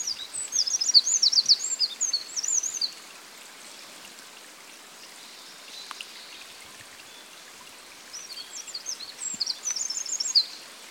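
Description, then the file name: Eurasian wren song: a loud burst of rapid, piercing high trills, then quiet for several seconds, then another rattling outpouring, with soft running-water hiss beneath. "Troglodytes troglodytes"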